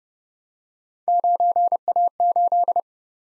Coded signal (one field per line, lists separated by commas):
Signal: Morse code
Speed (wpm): 32 wpm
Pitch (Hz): 700 Hz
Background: none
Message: 9A8